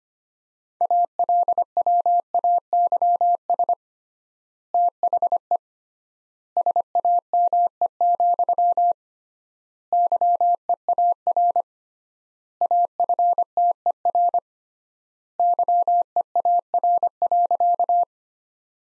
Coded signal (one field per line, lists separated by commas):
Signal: Morse code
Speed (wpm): 25 wpm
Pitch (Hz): 700 Hz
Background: none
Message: ALWAYS THE SAME, YEAR AFTER YEAR.